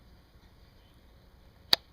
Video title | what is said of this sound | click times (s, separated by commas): My Most used BushCraft Knife | you can hear it click into place now that fire steel is locked in there it's secure it's not going to fall out | 1.7 s